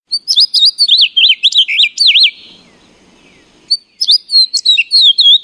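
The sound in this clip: Bird song: fast high chirping phrases of sharp up-and-down notes, a short quiet pause with faint low sound, then the chirping resumes.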